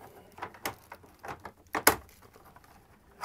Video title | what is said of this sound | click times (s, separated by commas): etrailer - What to Know About the Furrion Chill HE RV Air Conditioner System-FR23PV | It just kind of snaps into place here. | 1.9 s